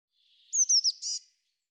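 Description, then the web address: Eurasian blue tit gives one call: three or four sharp, high, falling notes run together, then a brief harsh buzzy churr. "cianscape birddata Deverinetal 2025 File cleaned normalized Bird Cy Ca"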